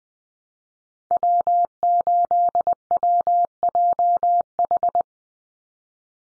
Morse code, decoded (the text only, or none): W8WJH